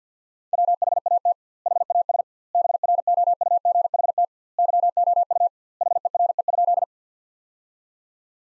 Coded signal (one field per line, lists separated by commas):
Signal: Morse code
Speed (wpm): 50 wpm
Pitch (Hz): 700 Hz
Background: none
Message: WHAT HAS BROUGHT YOU HERE?